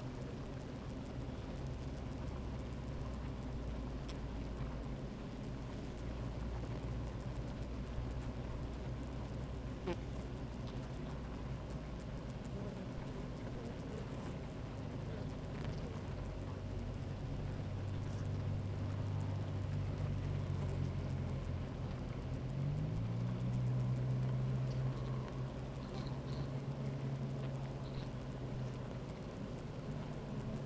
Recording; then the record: honeybee colony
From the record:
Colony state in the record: active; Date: 28 July 2017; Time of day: 13:18